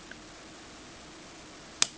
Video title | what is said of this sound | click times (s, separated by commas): Review: Heritage Arms Rough Ryder Revolver | two and when it clicks that second time it's about halfway back the cylinder will rotate freely | 1.8 s